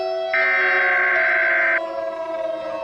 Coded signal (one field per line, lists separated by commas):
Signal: Emergency Alert System (SAME) tones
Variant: header bursts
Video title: The Alternate Universe: An EAS Scenario